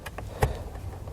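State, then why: Seated. A plastic cabin air filter access cover on a 2017 Toyota Prius v is lined up with its notch toward the driver's side and rotated into the HVAC filter housing behind the glovebox. Two faint ticks at 0.1 and 0.2 seconds lead to a louder, sharper click at 0.4 seconds as the cover clicks into place and seats. A low background hum continues throughout.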